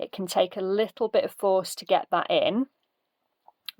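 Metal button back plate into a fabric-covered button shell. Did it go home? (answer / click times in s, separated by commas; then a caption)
yes / 3.7 s. Someone talks while pressing the metal back plate of a self-cover button by hand onto its fabric-covered button shell. After the talking stops, a faint click comes at 3.5 s, then a sharper, louder click at 3.7 s as the back snaps into the shell. It is seated and cannot come out again.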